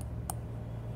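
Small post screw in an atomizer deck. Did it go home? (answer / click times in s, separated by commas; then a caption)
no / 0.3 s. A small metal post screw on the deck of a Blitz Enterprises FP RTA vape atomizer is turned while it sits cross-threaded, believed to be threaded in incorrectly. A sharp snap at 0.3 s marks the thread jumping, over a low steady hum with faint ticks at the start and end. The screw's threading is stripped.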